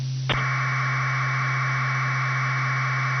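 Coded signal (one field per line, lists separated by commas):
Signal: modem data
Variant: Bell 202 AFSK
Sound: a click, then a steady raspy two-tone data warble, like packet radio, over low hum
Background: low hum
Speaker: So you notice that sound a lot like packet radio, and it kind of did, but it's a little bit different framing. Bell 202 is the same way. It's the same, kind of like same thing, but except packet radio uses AX25 framing. But let's play that again one more time.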